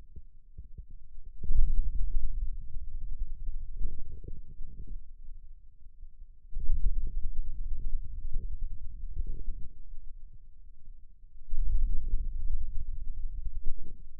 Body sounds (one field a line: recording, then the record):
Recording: forearm muscle sounds (acoustic myography)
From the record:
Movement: radial deviation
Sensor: system 2, bracelet of six BSWA MPA416 microphones around the upper forearm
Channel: 2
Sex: male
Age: 22 years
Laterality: right